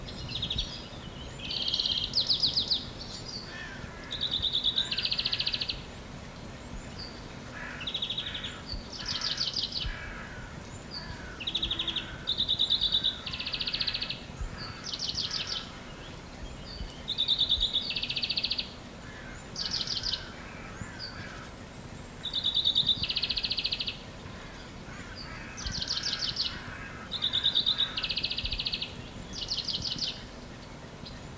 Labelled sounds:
European Greenfinch (Chloris chloris)
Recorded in the wild
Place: Gegendtal, Kärnten, AT
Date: 1968-04-15
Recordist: Brunner, Thomas

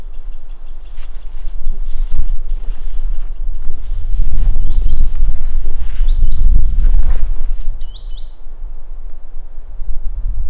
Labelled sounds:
Green Sandpiper (Tringa ochropus) call
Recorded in the wild
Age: adult
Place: Tschernaja Reka, Karelien, RU
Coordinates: 66.5353, 32.9856
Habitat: upland moor
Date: 1994-06-16 13:42
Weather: fair, 20°C
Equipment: Sony TCD-D3, Sennheiser ME 80, K 30 AV (I), Windschutz
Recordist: Frommolt, Karl-Heinz
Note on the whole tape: Weg nach Tschernaja Reka - Hochmoor: Rufe, Entfernung 50 - 60 m, Tier gesehen

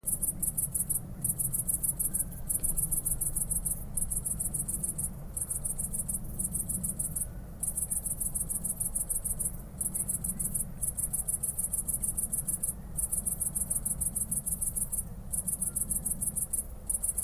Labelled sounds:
Great Green Bush-cricket (Tettigonia viridissima) stridulation
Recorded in the wild
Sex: male
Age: imago
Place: Kloster, Insel Hiddensee, Mecklenburg-Vorpommern, DE
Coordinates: 54.5908, 13.1058
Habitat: meadow
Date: 2008-09-09 20:30
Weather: ca. 15°C
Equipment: Sound Devices 702, Sennheiser MKH 70, Windkorb
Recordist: Frommolt, Karl-Heinz

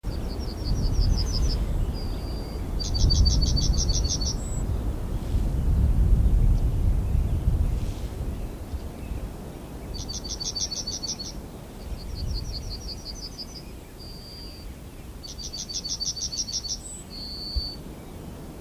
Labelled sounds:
Yellowhammer (Emberiza citrinella) song
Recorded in the wild
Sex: male
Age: adult
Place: Lüdersdorf, Barnim, Brandenburg, DE
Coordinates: 52.9164, 14.0703
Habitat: Straßenallee
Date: 2006-04-14
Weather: bedeckt, mäßiger Wind aus West, 5°C
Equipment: Marantz PMD 671, Sennheiser MKH 70, Popschutz
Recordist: Frommolt, Karl-Heinz

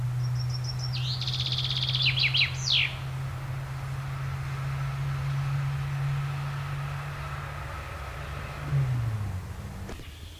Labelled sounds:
Common Chaffinch (Fringilla coelebs) song
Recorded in the wild
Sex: male
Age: adult
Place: Schloß Holte-Stukenbrock, Senne, Nordrhein-Westfalen, DE
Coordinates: 51.8667, 8.65861
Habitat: wood
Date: 1972-06-17
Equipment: Uher 4200 Report Stereo, Bändchenmikro Beyer M 260, Parabolspiegel Polyester (600 mm)
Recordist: Conrads, Klaus
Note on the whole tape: Waldecke südlich Hof Brock (Furlbach-Gebiet). Männchen: Gesang; Buchfink 55-5 - Bezeichnung des Autors

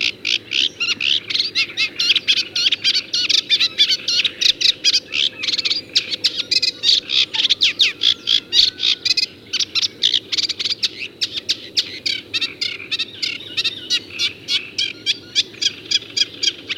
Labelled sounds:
Eurasian Reed Warbler (Acrocephalus scirpaceus) song
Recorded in the wild
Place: Temmen-Ringenwalde, Mecklenburg-Vorpommern, DE
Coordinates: 53.097, 13.748
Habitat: Lake
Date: 1982-05-13
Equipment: Nagra III BH, Sennheiser MD 21, parabola
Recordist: Schubert, Michael

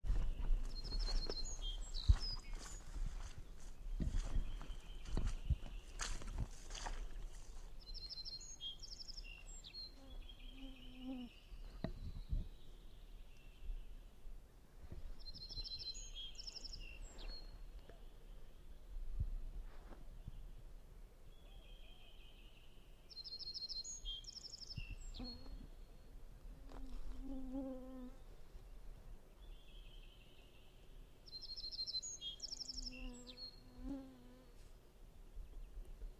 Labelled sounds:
Little Bunting (Emberiza pusilla) song
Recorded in the wild
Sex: male
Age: adult
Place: Halbinsel Kindo, Karelien, RU
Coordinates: 66.5361, 33.0567
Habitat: taiga
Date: 1998-06-18 14:15
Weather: 15°C, sunny
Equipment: Sony WM-D6C, Sennheiser ME 80, K 30 AV
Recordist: Frommolt, Karl-Heinz

